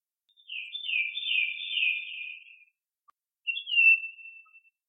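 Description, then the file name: Iora song: a long, slightly trilled whistle held for about two seconds, then a shorter whistled note that drops slightly in pitch after a pause. Song type C. "Iora C-Song Sun Chong Hong"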